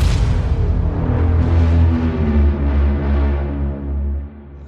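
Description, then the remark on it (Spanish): A loud, deep lion roar rumbles for several seconds, a sustained growl with rich low harmonics that swells, then trails off near the end. No voices are heard. “El león ha rugido.”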